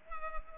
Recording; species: mosquito wingbeat signal from an infrared sensor; Culex pipiens